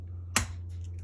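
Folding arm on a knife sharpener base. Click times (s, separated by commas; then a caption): 0.4 s. The folding arm on a TSPROF Kadet Pro knife sharpener base is raised and snaps into its locked position with a single sharp click at 0.4 s, over a steady low hum. The arm seats firmly and feels solid; a couple of faint ticks follow near 0.9 and 1.0 s.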